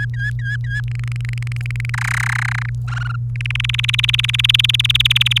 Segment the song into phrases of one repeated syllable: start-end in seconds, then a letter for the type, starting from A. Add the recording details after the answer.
0.00-0.81 A, 0.88-1.90 B, 1.94-2.69 C, 2.88-3.16 D, 3.36-5.38 E. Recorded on 29 April 2018 at 07:36. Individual llb3